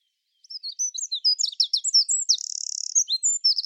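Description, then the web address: Bird calling in a fast run of high, thin chirps and slurred notes, broken by a short buzzy trill midway, then more quick chirps. "Deverinetal 2025 File origin Bird Only"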